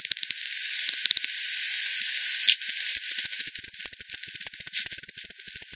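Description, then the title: Bat: a few clicks, then a spell of hiss, then bat clicks return and settle into a quick, regular series of sharp ticks over the second half. Multiple bats at Hogsmill River, Hogsmill Lane, 7 October 2020 at 18:10; frequency-division bat detector output, band-pass filtered and resampled. "bat 20201007 T 18 : 10 Z-Hogsmill-Lane-Hogsmill-River-multiple-bats-FD 10"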